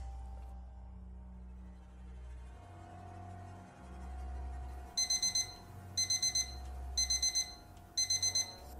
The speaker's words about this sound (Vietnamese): Tiếng chuông đồng hồ báo thức vang lên. Do sáng nay không phải đến trường, cho nên Lý có đặt chuông muộn hơn bình thường một chút.